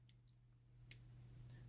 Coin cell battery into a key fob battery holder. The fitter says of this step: push down with your thumb on the front until you hear it snap then